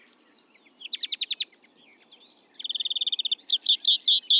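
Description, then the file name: European greenfinch with quick twittering trills, a fast even rattle of notes, then jangling high phrases. "Chloris chloris"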